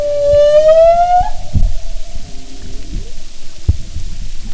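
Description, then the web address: Humpback whale song: a long clear tone gliding slowly upward, followed by softer lower warbling notes and a couple of knocks. "Marine Mammals humpback"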